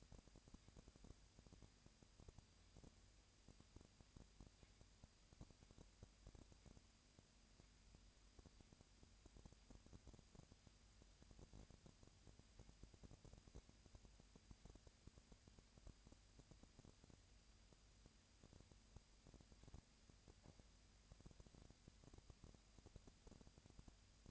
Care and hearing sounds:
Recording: daily activity, microphone in the room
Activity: no activity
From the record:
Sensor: 2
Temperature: 20.3 degrees Celsius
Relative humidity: 37.0%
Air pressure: 998.6 hPa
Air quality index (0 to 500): 236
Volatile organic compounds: 38 ppm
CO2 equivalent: 3120 ppm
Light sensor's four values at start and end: 2/3/2/2 and 2/3/2/2

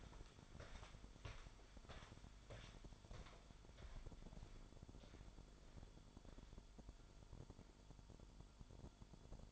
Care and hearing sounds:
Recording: daily activity, microphone in the room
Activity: walk to room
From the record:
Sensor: 5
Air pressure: 1008.3 hPa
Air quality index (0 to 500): 126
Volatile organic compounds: 1 ppm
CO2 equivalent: 969 ppm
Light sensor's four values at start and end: 38/83/35/36 and 38/89/36/35

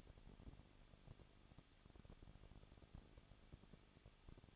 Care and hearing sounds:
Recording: daily activity, microphone in the room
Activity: no activity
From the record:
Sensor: 4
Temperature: 23.1 degrees Celsius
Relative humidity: 34.3%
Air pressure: 1007.2 hPa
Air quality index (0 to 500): 215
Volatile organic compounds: 15 ppm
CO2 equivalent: 2490 ppm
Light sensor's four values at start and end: 2/3/1/1 and 2/3/1/1

